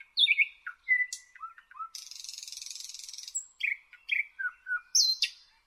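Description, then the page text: Thrush nightingale song with whistled slurs and short notes, a long buzzing rattle, then more piping and clicking phrases. "Jelmer Poelstra - Обыкновенный соловей (Luscinia luscinia)"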